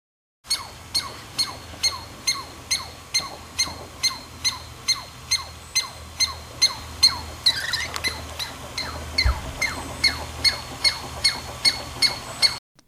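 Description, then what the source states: Douglas squirrel alarm call: a long, steady series of sharp, high-pitched chirps, with a low hum underneath. Alarm call, played back as a mystery sound: sharp, high-pitched and repetitive, signalling danger from predators or intruders in the squirrel's territory.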